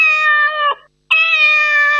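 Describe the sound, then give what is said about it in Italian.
A cat lets out two long, drawn-out meows separated by a brief pause, each loud, steady and strongly tonal with a slight drop at the end of the first. No one speaks. “Buongiorno, senti chi miagola, non senti chi parla.”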